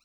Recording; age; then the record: pig call; piglet (1 to 25 days)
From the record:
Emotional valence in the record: positive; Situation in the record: short reunion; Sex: male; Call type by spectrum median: high-frequency call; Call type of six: low-frequency tonal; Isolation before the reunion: 3 minutes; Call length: 0.04 s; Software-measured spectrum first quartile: 2117 Hz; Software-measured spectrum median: 3941 Hz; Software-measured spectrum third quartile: 5194 Hz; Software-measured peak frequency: 4009 Hz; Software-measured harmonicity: 8.2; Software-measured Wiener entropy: -2.35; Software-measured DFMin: 1144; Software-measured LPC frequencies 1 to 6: 1261, 2526, 4041, 5541, 7078, 8316 Hz